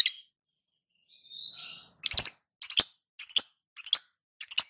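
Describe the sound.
Lovebird calls: a short thin note, then a run of shrill, clustered chirps repeated roughly every half second in five bursts.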